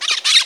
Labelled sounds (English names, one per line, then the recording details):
Brown-throated Parakeet contact call
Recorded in Margarita